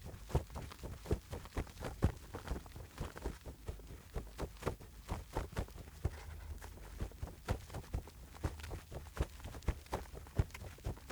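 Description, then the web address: Bird wings flapping in a quick, irregular run of muffled thuds, roughly two per second, some beats louder than others, with a constant faint hiss behind. Calm wing flapping. "en soundpool sounds natur-tiere voegel"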